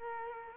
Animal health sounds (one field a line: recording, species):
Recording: mosquito wingbeat signal from an infrared sensor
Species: Culex quinquefasciatus